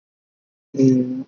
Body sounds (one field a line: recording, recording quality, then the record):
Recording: sustained vowel as in made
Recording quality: poor, much background noise or distortion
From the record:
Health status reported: respiratory illness, not identified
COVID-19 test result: negative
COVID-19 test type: RT-PCR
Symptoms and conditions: cough, fever, fatigue, muscle pain, asthma, ischaemic heart disease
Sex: male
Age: 35 years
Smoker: no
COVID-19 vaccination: both doses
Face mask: worn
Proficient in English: yes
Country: India